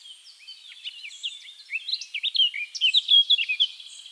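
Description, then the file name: Eurasian blackcap warbling quietly at first, then swelling into a quick series of loud, pure fluting whistles. "Sylvia atricapilla"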